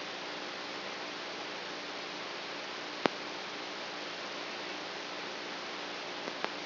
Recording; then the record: brain microelectrode recording played as sound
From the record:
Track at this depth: outside the subthalamic nucleus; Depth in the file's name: -1.509 mm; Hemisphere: right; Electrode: 3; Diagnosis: Parkinson's disease